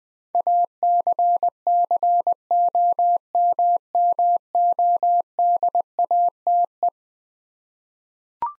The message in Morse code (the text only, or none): ACCOMMODATE